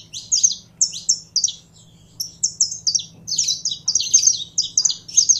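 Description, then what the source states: Belgian canary song of fast, bright high-pitched chirps and rolling trills, briefly pausing before a denser closing burst. Song of a purebred Belgian canary.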